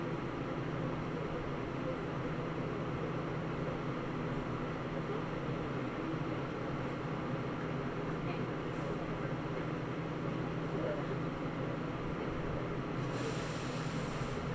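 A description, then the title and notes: A train on a local line rumbles along steadily with a low constant drone, faint voices inside, and a brief bright hiss near the end. Nagoya Railroad Mikawa Line Chiryu to Hekinan. This is commonly known as the line that passes through the sea.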